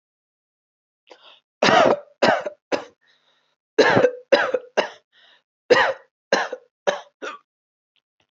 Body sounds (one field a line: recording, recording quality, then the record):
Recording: heavy voluntary cough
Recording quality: excellent, no background noise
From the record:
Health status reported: healthy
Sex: male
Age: 36 years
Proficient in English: yes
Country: India